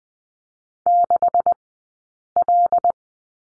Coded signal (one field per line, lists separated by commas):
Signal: Morse code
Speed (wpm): 20 wpm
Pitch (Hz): 700 Hz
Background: none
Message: 6L